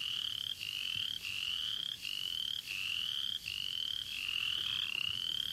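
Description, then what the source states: Upland chorus frog calls: a steady run of fast, rising pulsed trills, each under a second long, following one another with hardly a pause. In Florida found only along the Apalachicola River, exclusively in bottomland habitats; call resembles the southern chorus frog's but is much more rapid.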